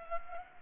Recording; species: mosquito wingbeat signal from an infrared sensor; Culex pipiens